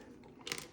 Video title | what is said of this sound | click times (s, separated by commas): 2022 BMW M8 steering wheel removal | and slides right out. You hear a couple click pops, and it's not really breaking, it's just coming out of the connectors there. | 0.5 s